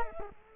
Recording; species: mosquito wingbeat signal from an infrared sensor; Culex quinquefasciatus